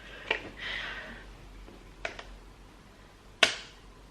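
Someone tries again to close a cheap metal watch band clasp on a wrist strap, but one side of the clasp will not go in. Sharp ticks are heard at about 0.3, 2.1, 2.2 and 3.4 seconds, the last one the loudest, with a soft rustle between 0.6 and 1.2 seconds. The clasp has not latched; that one side still will not go in.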